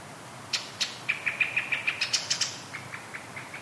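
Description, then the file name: Brown-headed thrush sounds: a quick series of clear, even notes on one pitch, mixed with sharp high clicks, then a few softer, lower notes trailing off. "akahara"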